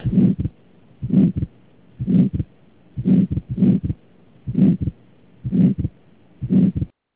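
Adult heart heard by stethoscope: a regular heartbeat, about 62 a minute, with a loud first sound running into a rough, sustained noise before a short second sound in each cycle. This is a systolic murmur, fitting pulmonary stenosis, an ejection murmur from a narrowed pulmonary valve.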